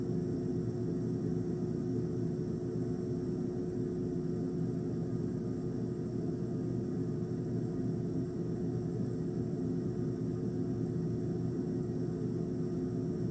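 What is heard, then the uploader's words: An ice maker runs with a steady, dense low hum and drone that holds constant for the whole stretch, with no distinct events. A faint higher whine and hiss sit above it, and the level never changes, suggesting a continuous machine sound. ASMR Ice Maker.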